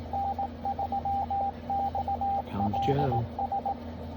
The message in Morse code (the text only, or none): N3XLS